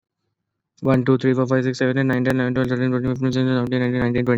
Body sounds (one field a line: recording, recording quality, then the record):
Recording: counting at a fast pace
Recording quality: excellent, no background noise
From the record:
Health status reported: exposed to COVID-19, no respiratory illness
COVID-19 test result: negative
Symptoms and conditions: fatigue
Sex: female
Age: 29 years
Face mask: not worn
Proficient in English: yes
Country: India